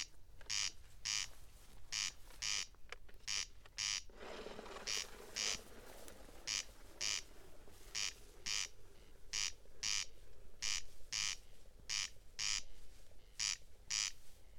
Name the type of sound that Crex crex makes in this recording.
song